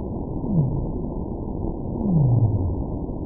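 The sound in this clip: Whale calls: two low moans sliding downward in pitch, the second longer, over a steady rumbling background noise.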